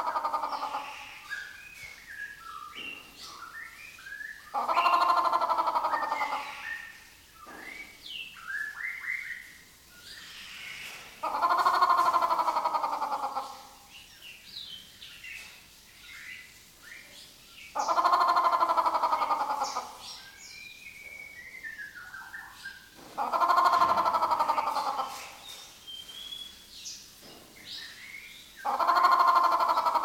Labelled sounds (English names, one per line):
Grey Peacock-Pheasant